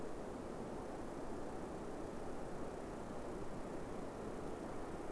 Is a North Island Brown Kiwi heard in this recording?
no